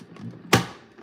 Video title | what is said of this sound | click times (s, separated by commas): Juicing with Rooted | if you do it correctly, it just locks in place. | 0.5 s